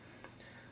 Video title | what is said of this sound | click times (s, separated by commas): Beast Kingdom Egg Attack Venom | just easily just pops right in there | 0.2 s